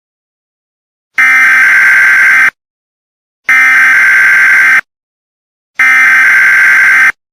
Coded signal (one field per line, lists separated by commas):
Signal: Emergency Alert System (SAME) tones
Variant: header bursts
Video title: EAS Scenario: Look Up